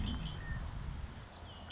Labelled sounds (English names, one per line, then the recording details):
Red-winged Blackbird
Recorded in Sonoma County, California